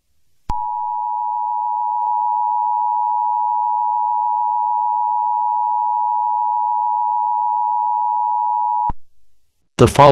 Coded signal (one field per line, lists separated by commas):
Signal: Emergency Alert System (SAME) tones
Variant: 853 and 960 Hz attention tone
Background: speech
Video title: EAS Mock: My Own EAS Alert